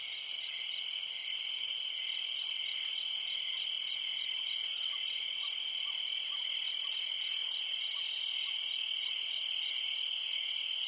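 Crickets trilling continuously at a high, even pitch throughout, with occasional faint chirps and a short brighter burst around eight seconds.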